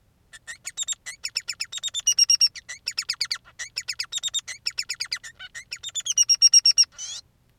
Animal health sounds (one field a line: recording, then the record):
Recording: song of a male Bengalese finch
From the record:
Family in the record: son of father 3